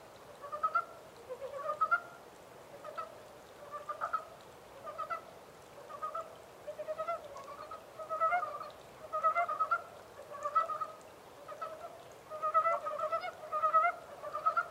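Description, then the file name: Montane brown frog calling, short pulsed croaking bursts repeated roughly once a second throughout. 14 April 2010. "yamaakagaeru-20100414"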